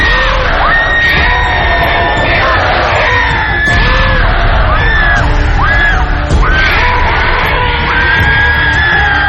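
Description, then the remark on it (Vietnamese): A tall horned demon with red eyes screams and roars ferociously as it advances toward a woman, harsh wavering howls rising and falling over a dense, rumbling low growl for several seconds, loud and continuous without pause. “Nó cứ gào thét tiến tới Linh một cách dữ tợn.”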